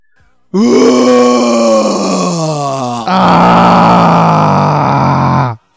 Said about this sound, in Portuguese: Depois de extravasar esse grito masculino entalado na nossa alma